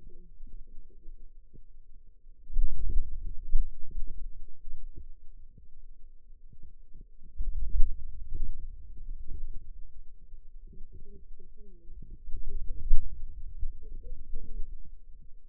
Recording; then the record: forearm muscle sounds (acoustic myography)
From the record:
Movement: wrist extension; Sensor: system 2, bracelet of six BSWA MPA416 microphones around the upper forearm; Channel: 2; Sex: female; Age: 21 years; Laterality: right